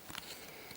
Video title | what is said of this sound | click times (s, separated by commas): Transformers slug now and then | And until this bit pushes and clicks into place. There we go. | 0.2 s